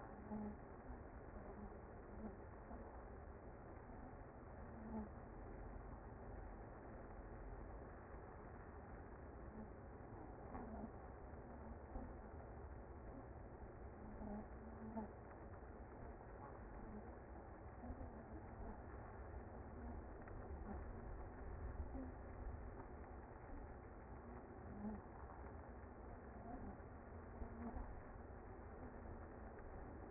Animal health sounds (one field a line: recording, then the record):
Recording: honeybee colony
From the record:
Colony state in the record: active